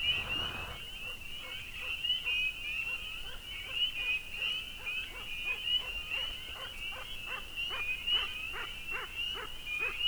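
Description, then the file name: Beaver whimpering, a series of short nasal notes after a brief rustle, over a steady high hum. Beaver at work; Chippewa, Minnesota, USA; dated 03-19-07. "Chippewa MN Beaver At Work"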